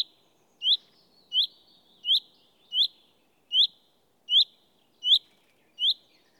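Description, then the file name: Common chaffinch giving a steady series of short, sharp rising call notes, one every three-quarters of a second, with little else audible. "Fringilla coelebs"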